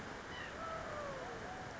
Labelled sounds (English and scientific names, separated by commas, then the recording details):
White-breasted Nuthatch (Sitta carolinensis)
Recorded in Sonoma County, California